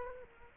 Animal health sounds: mosquito wingbeat signal from an infrared sensor; Culex quinquefasciatus

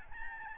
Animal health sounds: mosquito wingbeat signal from an infrared sensor; Aedes albopictus

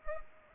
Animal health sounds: mosquito wingbeat signal from an infrared sensor; Culex pipiens

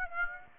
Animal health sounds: mosquito wingbeat signal from an infrared sensor; Aedes aegypti

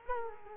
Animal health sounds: mosquito wingbeat signal from an infrared sensor; Culex quinquefasciatus

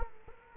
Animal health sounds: mosquito wingbeat signal from an infrared sensor; Culex quinquefasciatus

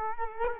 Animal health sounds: mosquito wingbeat signal from an infrared sensor; Culex quinquefasciatus

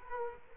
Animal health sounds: mosquito wingbeat signal from an infrared sensor; Culex quinquefasciatus

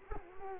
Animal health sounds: mosquito wingbeat signal from an infrared sensor; Culex quinquefasciatus

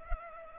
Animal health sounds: mosquito wingbeat signal from an infrared sensor; Culex pipiens

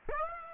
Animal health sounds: mosquito wingbeat signal from an infrared sensor; Aedes aegypti

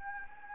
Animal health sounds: mosquito wingbeat signal from an infrared sensor; Anopheles gambiae

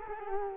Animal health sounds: mosquito wingbeat signal from an infrared sensor; Culex quinquefasciatus

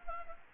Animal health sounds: mosquito wingbeat signal from an infrared sensor; Anopheles gambiae

